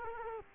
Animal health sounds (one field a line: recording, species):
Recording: mosquito wingbeat signal from an infrared sensor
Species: Culex quinquefasciatus